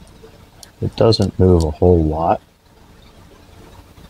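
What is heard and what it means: A titanium Mundus Knives/Poikilo Blade "Carmen" folding knife is handled at its blade lock in the handle, with a faint tick near 0.6 s, while someone talks from about 0.8 to 2.4 s over quiet background noise. Nothing has seated or clicked into place yet.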